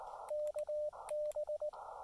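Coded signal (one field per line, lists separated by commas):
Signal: Morse code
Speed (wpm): 19 wpm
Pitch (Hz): 600 Hz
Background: radio noise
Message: KB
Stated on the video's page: QRP CW activation for SOTA, POTA and WWFF at a state park, 5 watts into a CHA MPAS 2.0 antenna.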